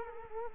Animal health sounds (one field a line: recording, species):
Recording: mosquito wingbeat signal from an infrared sensor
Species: Culex quinquefasciatus